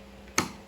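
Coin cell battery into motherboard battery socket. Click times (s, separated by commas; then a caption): 0.4 s. A CMOS coin cell battery is placed plus side correctly into the motherboard battery holder and pressed down into the metal retaining clip. A single sharp click at 0.4 seconds rises clearly above a quiet steady hum, then fades quickly. The battery is seated.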